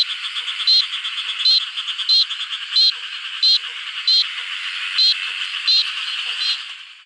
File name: crinia parinsignifera